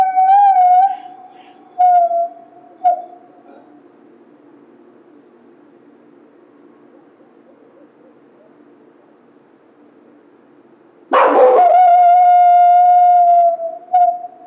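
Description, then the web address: Coyote gives short sliding howl notes, then a long steady howl after a quiet gap, with a brief yelp at the end. Recorded 16 March 2010. "Coyote 2010 03 16 howl"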